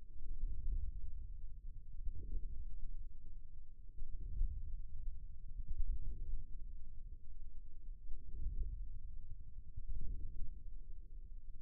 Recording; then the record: forearm muscle sounds (acoustic myography)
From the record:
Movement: inward rotation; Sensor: system 2, bracelet of six BSWA MPA416 microphones around the upper forearm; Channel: 3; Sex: male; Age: 22 years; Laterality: right